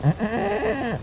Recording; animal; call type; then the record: contact call of a hoofed animal; goat; low-frequency (closed-mouth) or high-frequency (open-mouth) call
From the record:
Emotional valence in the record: negative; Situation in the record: short social isolation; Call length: 1.03 s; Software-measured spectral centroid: 1380 Hz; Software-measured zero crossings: 1220 a second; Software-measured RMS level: -24 dBFS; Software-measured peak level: -9 dBFS